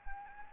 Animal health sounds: mosquito wingbeat signal from an infrared sensor; Anopheles gambiae

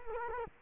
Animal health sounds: mosquito wingbeat signal from an infrared sensor; Culex quinquefasciatus

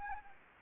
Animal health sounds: mosquito wingbeat signal from an infrared sensor; Anopheles gambiae

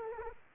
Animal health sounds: mosquito wingbeat signal from an infrared sensor; Aedes aegypti

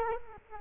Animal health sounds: mosquito wingbeat signal from an infrared sensor; Culex quinquefasciatus

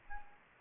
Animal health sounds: mosquito wingbeat signal from an infrared sensor; Anopheles gambiae

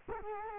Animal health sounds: mosquito wingbeat signal from an infrared sensor; Culex quinquefasciatus

